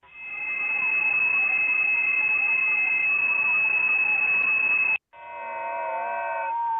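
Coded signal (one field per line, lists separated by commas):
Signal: FT8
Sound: five seconds of hiss with a steady high whistle, then several overlapping soft warbling tones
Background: radio static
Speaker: Anyone know what this is? FT8. FT8. This is the FT8 frequency, 7074.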